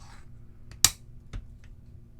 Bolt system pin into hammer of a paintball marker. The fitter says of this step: and you can feel it it'll kind of click into place